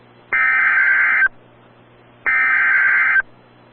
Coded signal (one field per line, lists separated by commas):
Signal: Emergency Alert System (SAME) tones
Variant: header bursts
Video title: Severe Thunderstorm Warning for Blane, Garfield, Kingfisher, and Major, OK (EAS #110)